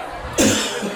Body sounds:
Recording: coughing mixed with background sound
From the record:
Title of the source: Spring Cold Coughing.

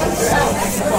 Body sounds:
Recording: background sound without coughing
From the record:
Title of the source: Nightlife Party Simulating Party Club Noise 1 Hour

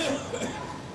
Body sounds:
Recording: coughing mixed with background sound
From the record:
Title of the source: Residual Phlegmy Morning Coughing and Gagging

